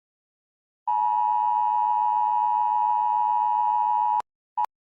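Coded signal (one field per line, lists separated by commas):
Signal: Emergency Alert System (SAME) tones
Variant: 853 and 960 Hz attention tone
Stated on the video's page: Fictional emergency alert scenario, not a real activation.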